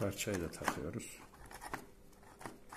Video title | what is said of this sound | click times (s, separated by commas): Altus Bulaşık Makinası Tuş Tamiri ve Reset Atma | Parçamızı da taktık. Yerine oturdu. | 1.7 s